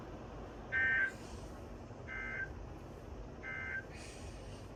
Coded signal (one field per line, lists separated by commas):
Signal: Emergency Alert System (SAME) tones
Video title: One More Alert Explosion (EAS 179-196)